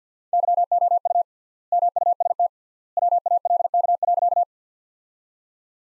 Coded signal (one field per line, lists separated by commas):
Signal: Morse code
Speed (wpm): 50 wpm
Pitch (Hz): 700 Hz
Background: none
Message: YOU MUST WALK.